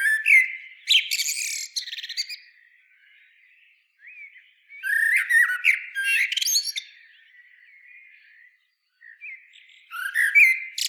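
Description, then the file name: Common blackbird singing: several mellow warbled phrases with high squeaky notes, separated by pauses. "Turdus merula"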